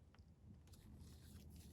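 An aftermarket paddle shifter pin is pushed straight into the steering wheel bore, where it catches on the lip and hangs up. A brief faint tick at 0.2 s is followed by soft scraping and rubbing against a low steady hum. Nothing has seated or clicked yet.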